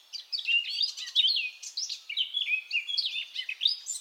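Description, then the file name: Eurasian blackcap warbling a short, fast sequence of sliding whistles and chattering notes. "Sylvia atricapilla"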